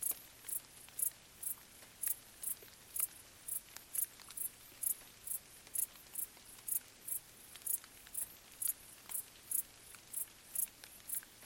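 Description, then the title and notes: Crickets repeat sharp, high chirps at a steady rate, around two a second, against light scattered raindrops. Crickets stridulating late at night in gentle summer rain on vegetation, along an abandoned railway track in Bad Boll, Baden-Württemberg, Germany; nearby village silent. "Crickets in gentle summer rain. Bad Boll, Baden-Württemberg. Recorded by Colin Hunter"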